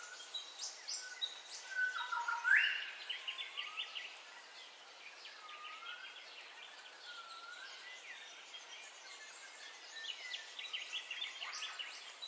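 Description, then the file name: Birds calling at dawn: a loud rising whistled phrase early on, then softer slurred whistles and chirps against constant background noise. Dawn ambience with bird calls, stereo recording. "AMBIENCE DAWN BIRDCALLS 03 STEREO"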